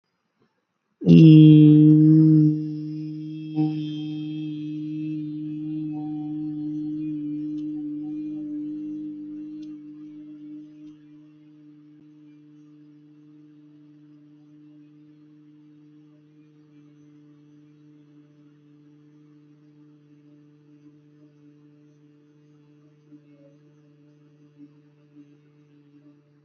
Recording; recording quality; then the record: sustained vowel as in beet; excellent, no background noise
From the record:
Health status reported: healthy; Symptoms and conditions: none ticked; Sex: male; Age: 36 years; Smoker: not ticked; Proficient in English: yes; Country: India